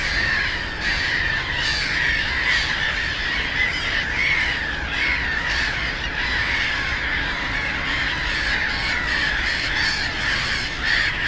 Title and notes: Żabie Doły, Bytom, Polska - Black-headed gulls at Frog Ponds complex. The ponds are now filled with plenty of birds with black-headed gulls being the loudest. Najgłośniejsze okazały się śmieszki